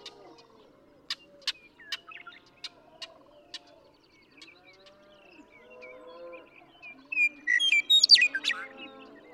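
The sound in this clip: Western meadowlark song: several scattered sharp chirps, then a loud, jumbled, whistled phrase near the end, with faint low droning underneath.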